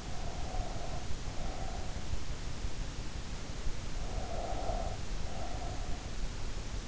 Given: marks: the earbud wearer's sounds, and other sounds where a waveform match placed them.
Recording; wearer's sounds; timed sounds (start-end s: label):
sounds in sleep by an in-ear microphone; breath
0.00-2.38 s: breath
4.13-6.52 s: breath